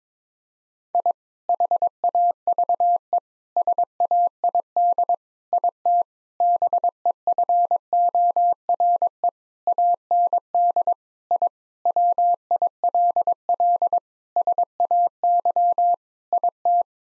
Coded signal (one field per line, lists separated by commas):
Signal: Morse code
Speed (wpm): 22 wpm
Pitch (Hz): 700 Hz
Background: none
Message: I HAVE SAID IT BEFORE AND I WILL SAY IT